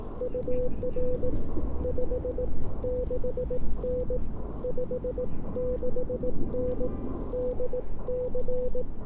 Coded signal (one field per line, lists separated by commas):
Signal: Morse code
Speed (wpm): 19 wpm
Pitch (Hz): 500 Hz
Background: none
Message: UR 56N 56N DC